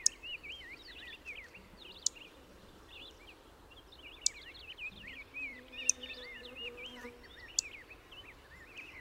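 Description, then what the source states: Savannah sparrow with short, high, clicking chips spaced about every two seconds, over continuous thin twittering chatter, with a brief faint low hum midway. Chip notes, recorded 22 June 2001.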